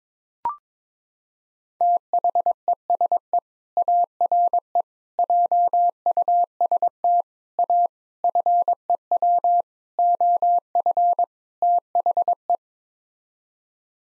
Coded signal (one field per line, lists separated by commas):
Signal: Morse code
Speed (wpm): 22 wpm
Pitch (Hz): 700 Hz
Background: none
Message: THESE ARE JUST A FEW OF THE